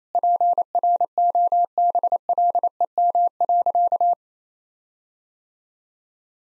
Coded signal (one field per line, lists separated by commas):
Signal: Morse code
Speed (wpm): 28 wpm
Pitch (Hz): 700 Hz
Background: none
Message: PROBLEM.